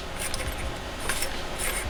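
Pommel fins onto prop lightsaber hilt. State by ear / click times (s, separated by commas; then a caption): not seated / none. Metal pommel fins are being screwed onto the hilt of a Galen Marek "The Force Unleashed" promo DIY empty-hilt prop lightsaber kit. Small metallic clinks and jangling rattles sound over a steady low hiss, with sharper taps near 0.3 s and 1.1 s. The fins have not locked into place yet, and nothing has seated or clicked in this clip.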